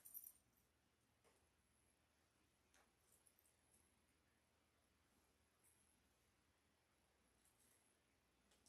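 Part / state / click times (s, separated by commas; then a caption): zipper pull onto zipper tape / not seated / none. A zipper pull is picked up and lined up evenly on the zipper tape before being pushed home. Light handling sounds are heard, with small metallic taps near the start and faint rustles throughout. The pull has not clicked or seated yet.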